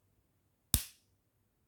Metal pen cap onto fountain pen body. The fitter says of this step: beautiful click positive click and then I have this one